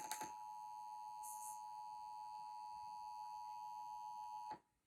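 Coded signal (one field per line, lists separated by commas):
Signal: Emergency Alert System (SAME) tones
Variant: 853 and 960 Hz attention tone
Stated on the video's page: Broadcast radio and TV EAS required monthly tests.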